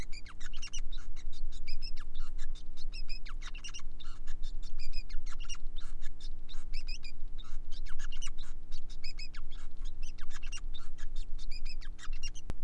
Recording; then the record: song of a male Bengalese finch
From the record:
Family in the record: son of father 5